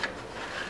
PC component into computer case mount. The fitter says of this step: it snaps in place just like that um